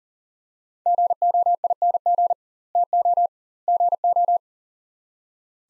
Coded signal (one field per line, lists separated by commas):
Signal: Morse code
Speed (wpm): 40 wpm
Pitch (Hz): 700 Hz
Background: none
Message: GOING TO GO